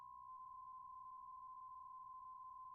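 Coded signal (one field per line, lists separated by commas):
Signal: PSK63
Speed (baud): 62.5 baud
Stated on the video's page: RSGB 3.5 MHz Autumn Series contest, livestreamed.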